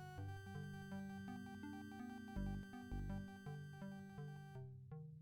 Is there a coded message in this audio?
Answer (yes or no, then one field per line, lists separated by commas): no